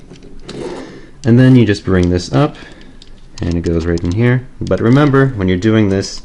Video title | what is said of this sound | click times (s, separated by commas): DX Chogokin YF-29 Durandal Valkyrie Ozma Lee Custom from Macross 30 Review - CollectionDX | and this thing just gets kind of pushed up all the way back, and then it clicks in place. | 0.5 s